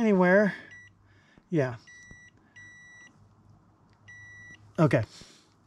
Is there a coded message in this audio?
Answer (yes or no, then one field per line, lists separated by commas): no